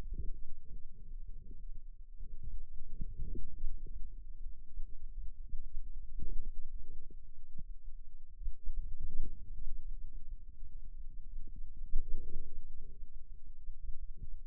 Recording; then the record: forearm muscle sounds (acoustic myography)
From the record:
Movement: outward rotation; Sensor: system 2, bracelet of six BSWA MPA416 microphones around the upper forearm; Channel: 5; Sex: male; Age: 22 years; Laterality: right